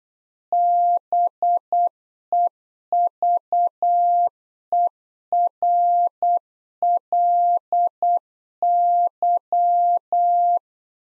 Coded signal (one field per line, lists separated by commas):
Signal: Morse code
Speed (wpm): 8 wpm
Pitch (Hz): 700 Hz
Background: none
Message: BEVERLY